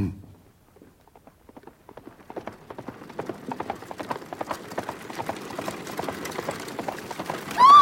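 Hooves of two runaway grey horses gallop in a fast, clattering rhythm, swelling from faint to loud as the carriage they pull rattles along behind them, ending with a sudden high, sliding cry.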